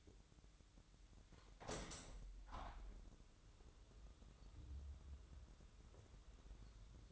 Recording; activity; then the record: daily activity, microphone in the room; open window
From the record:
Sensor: 3